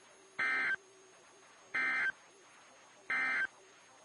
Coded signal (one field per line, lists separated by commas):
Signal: Emergency Alert System (SAME) tones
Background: speech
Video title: EAS #1022-1029 (8/11/21)